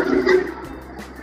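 A cooking pot lid is being handled while cooking, as someone tries to lock it onto the pot. Rubbing and scraping sounds are heard over background music, loudest in the first half-second and then fading. Nothing has seated or clicked yet.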